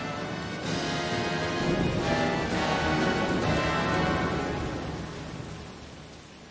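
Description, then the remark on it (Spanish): Heavy rain pours steadily in a dense, hissing wash, with a low rumble of thunder swelling through the middle before the downpour gradually eases and fades. No one speaks. “Pero llegó la temporada de lluvias.”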